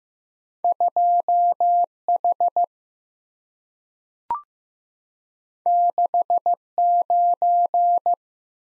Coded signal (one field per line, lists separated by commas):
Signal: Morse code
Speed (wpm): 15 wpm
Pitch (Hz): 700 Hz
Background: none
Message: 2 H 6 9